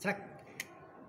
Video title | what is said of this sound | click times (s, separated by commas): Training Fiber Optic - part 1 | sampai balik. Nah, kayak bunyi ceklek. Nah. | 0.6 s